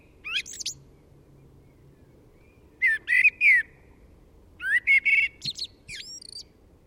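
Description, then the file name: Common blackbird, short song bursts of fluted warbling notes and high squeaky flourishes, several phrases spaced by short pauses. "Turdus merula"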